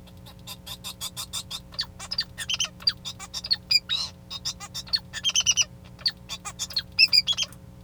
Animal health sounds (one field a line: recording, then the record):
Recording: song of a male Bengalese finch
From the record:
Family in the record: son of father 2